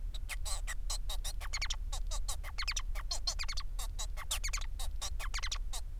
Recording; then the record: song of a male Bengalese finch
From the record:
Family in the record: son of father 4